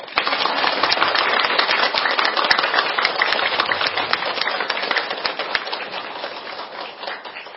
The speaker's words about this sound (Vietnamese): Xin được cung kính giới thiệu cùng quý Phật tử, đề nghị cho một tràng pháo tay thật dài để cung đón thượng tọa giảng sư